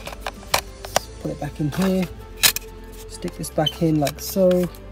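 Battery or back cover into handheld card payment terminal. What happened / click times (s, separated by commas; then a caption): The part is handled but not yet seated / none. After the SIM and micro SD cards are put back in, a part (the battery or back cover) is pushed back into a Dojo PaymentSense handheld card payment terminal while someone talks. Brief sharp handling taps are heard near 0.5, 1.0 and 2.6 seconds. Nothing has seated or clicked into place yet.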